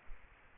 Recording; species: mosquito wingbeat signal from an infrared sensor; Aedes aegypti